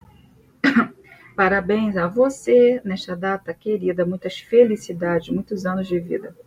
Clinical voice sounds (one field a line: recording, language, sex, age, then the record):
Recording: short text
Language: Brazilian Portuguese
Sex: female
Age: 40 to 49 years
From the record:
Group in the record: control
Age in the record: 41 years